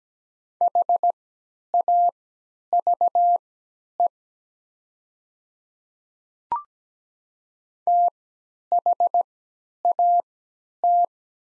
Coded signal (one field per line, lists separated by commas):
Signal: Morse code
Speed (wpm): 17 wpm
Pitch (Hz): 700 Hz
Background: none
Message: HAVE THAT